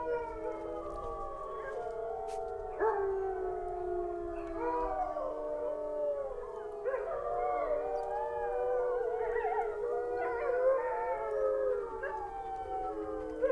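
Wolf: wolves howling as a group, long tones rising and dipping at several pitches, with sharp yelps breaking in now and then.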